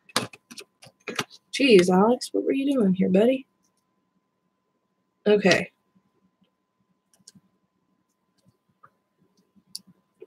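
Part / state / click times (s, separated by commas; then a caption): phone flex cable connector into motherboard socket / seated / 9.8 s. Someone talks while an iPhone 7 Plus flex cable connector is pressed onto its motherboard socket, with faint scattered ticks around it. A short, sharp snap at 9.8 s marks the connector seating on the board, felt as it snapped into place.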